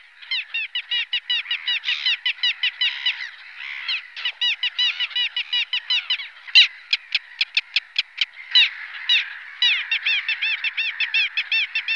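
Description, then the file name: Little gull calling: rapid, repeated kek-kek notes, with a brief run of clipped, sharper notes near the middle. "Racek maly Larus minutus"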